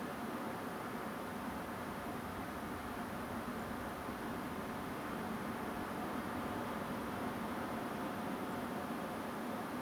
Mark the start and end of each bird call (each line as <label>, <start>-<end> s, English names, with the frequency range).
Song Thrush (6.9-7.5 kHz), 3.59-3.64 s
Song Thrush (7.4-8.2 kHz), 8.51-8.55 s